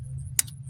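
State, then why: Seated. A retaining clip is pushed up from below into the groove of the ABS wheel speed sensor mount on the rear hub of a 2006 Dodge Grand Caravan to hold the sensor in place. Over a steady low hum, a single loud, sharp snap sounds at 0.4 s. The clip is seated in the groove.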